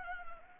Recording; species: mosquito wingbeat signal from an infrared sensor; Anopheles arabiensis